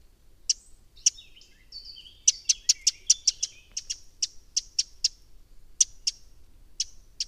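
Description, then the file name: Eurasian wren uttering hard clicking tic notes, first spaced out, then a fast rattling series, followed by slower ticks toward the end. "Troglodytes troglodytes"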